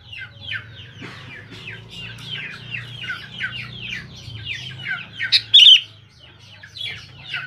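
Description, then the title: Sooty-headed bulbul song: one loud, bubbly phrase after five seconds, rising out of dense, steady chattering over a low hum. "Kutilang"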